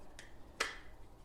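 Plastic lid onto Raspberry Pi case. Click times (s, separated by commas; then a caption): 0.6 s. A plastic lid is pressed onto a Raspberry Pi case to protect the system even more. A faint tick at 0.2 s is followed by a sharp, bright snap at 0.6 s as the lid clicks into place. The lid is seated.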